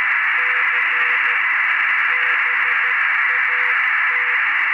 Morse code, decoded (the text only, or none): C BAT